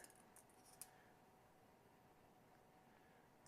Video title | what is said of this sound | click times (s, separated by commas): Wiring 301 - Deutsch Solid Contact Connectors and How To Assemble | Slide this in. Lock that in. | 0.8 s